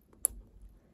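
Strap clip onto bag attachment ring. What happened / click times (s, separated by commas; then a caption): The metal strap clip snapped onto the bag ring / 0.2 s. A metal clip on a backpack strap is clipped onto the attachment ring of a small colorblock leather Coach Mini Court Backpack bag charm so it can be worn as a backpack. After a faint tick at about 0.1 s, a sharp, loud snap rings out at 0.25 s over low background rumble. The clip is snapped on and seated.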